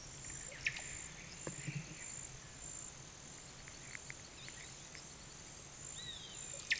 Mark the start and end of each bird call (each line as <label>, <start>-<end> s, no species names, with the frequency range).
bird call (1.2-5.8 kHz), 0.34-2.32 s
bird call (1.2-5.4 kHz), 3.30-6.45 s